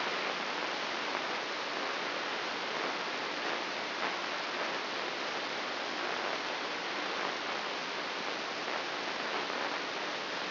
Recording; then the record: brain microelectrode recording played as sound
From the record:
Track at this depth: outside the subthalamic nucleus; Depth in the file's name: 7.26 mm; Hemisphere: left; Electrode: 3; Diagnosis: Parkinson's disease